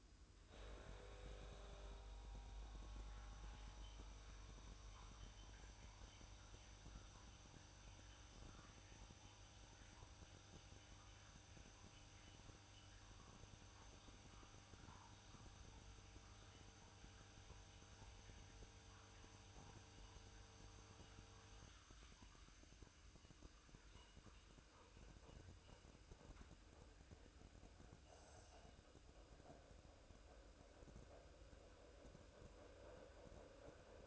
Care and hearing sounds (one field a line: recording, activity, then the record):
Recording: daily activity, microphone in the room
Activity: make coffee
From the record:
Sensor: 2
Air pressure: 1007.2 hPa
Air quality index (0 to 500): 47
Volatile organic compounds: 1 ppm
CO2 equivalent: 559 ppm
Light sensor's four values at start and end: 6/14/6/6 and 5/13/5/5